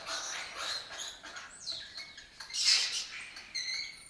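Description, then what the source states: Lesser kestrel calls, short harsh notes in quick uneven bursts. Breeding colony in an abandoned building complex in Doñana, southern Europe; migratory birds that forage in West Africa.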